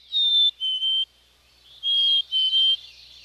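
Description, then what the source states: Chickadee song: clear whistled two-note phrase, the first note higher and the second lower, given twice with a short pause between. Phoebe song, a courtship song linked to hormonal activity as chickadees prepare to leave the flock and form pair bonds.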